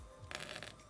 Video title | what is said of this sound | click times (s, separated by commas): $7500 Ultimate Gaming PC Build – Giveaways + Corsair 5000T (12900KS / EVGA 3090Ti FTW3) | Oh, it's not all the way in. Thank you. Thank you. Got it in. | 0.3 s